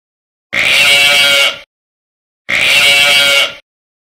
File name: sheep